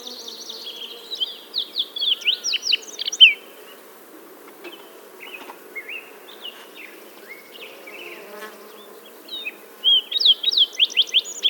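Green-tailed towhee singing bright whistled slurs and quick trills in bursts early on and at the end, with quieter notes in between.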